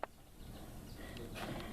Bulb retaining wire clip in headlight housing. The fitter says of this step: and down, and it snaps back in to hold the bulb in place.